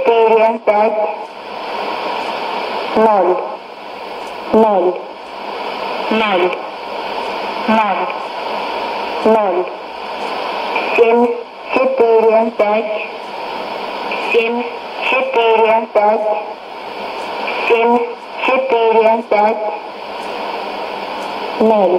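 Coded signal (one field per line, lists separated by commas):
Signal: numbers station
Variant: S06s Russian Lady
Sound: female voice reading short evenly spaced words, likely Russian numbers, over shortwave hiss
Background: radio static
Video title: 31 05 2017 Numbers station S06s Russian Lady in Russian to Eu 0732 on 12110 unknown tx site in CUSB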